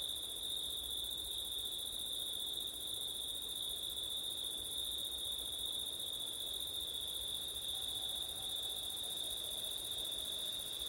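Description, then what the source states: Cricket chorus holding one continuous high-pitched trill throughout, with a fainter upper shimmer and steady low wind noise underneath. Crickets on a September night, with wind; ORTF (ortif) recording.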